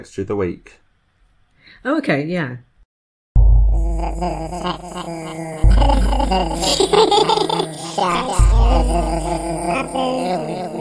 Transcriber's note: Distorted gargling: Texture of the week